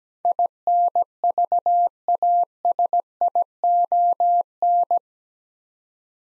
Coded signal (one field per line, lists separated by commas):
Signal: Morse code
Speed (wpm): 17 wpm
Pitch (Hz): 700 Hz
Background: none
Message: INVASION